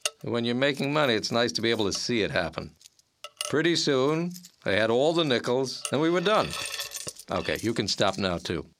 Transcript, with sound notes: When you’re making money it’s nice to be able to see it happen. [SFX: BIG PILE OF CHANGE AGAIN] Pretty soon they had all the nickels, and we were done. OK–you can stop now, too.